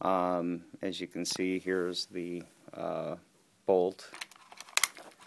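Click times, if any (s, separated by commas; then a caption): 4.8 s. Someone talks, then the metal bolt of a Benelli M2 Tactical pump/semi-auto shotgun is pulled back and locked into its rearward position in the receiver. After a few light rattles, sharp metallic clacks at 4.8 s and 4.8 s mark the bolt locking open into place.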